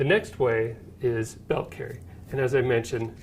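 A metal belt clip is being handled on a boot knife sheath for belt carry while someone talks. Nothing has seated or clicked yet.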